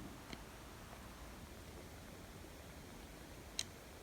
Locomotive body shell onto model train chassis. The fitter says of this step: should snipe right into place perfect looks